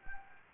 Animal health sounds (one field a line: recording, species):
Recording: mosquito wingbeat signal from an infrared sensor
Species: Anopheles gambiae